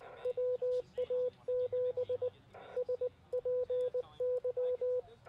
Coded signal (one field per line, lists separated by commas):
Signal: Morse code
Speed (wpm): 20 wpm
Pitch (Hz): 500 Hz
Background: radio noise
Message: WA7 SPY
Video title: What is Ham Radio Night? North Hills Amateur Radio Club